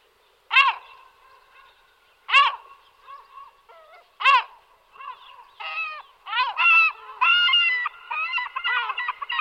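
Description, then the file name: European herring gull calls: three sharp, loud yelps about two seconds apart, then a series of laughing, nasal notes. "larus argentatus"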